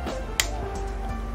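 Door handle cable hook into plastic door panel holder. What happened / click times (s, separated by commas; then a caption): The cable hook snapped into its plastic holder / 0.4 s. While reassembling the door panel of a 2020 WRX, the looped hook on the door-handle cable is pressed into its plastic holder on the panel. A single sharp click at 0.4 s stands out over steady background tones, and the hook is seated.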